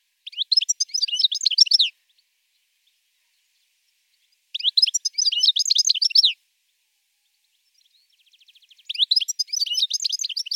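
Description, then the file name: European goldfinch song: three bursts of rapid tinkling, twittering notes separated by silent gaps of a few seconds. "chardonneret"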